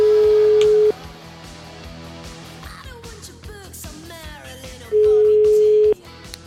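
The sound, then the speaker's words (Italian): A phone line rings out: a steady, mid-pitched ringback tone sounds for about a second, falls silent over low background music and clatter, then returns for another second. “Gli vogliamo fare una telefonatina? Proviamo, proviamo.”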